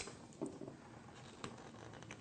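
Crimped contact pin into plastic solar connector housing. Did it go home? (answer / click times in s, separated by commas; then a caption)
no / none. A crimped metal contact pin on a cable is pushed into a plastic MC4 solar connector housing, producing soft scuffing and rubbing with a few faint, brief taps. Nothing has clicked or seated yet, so the expected snap is missed, although a tug test showed the pin held anyway.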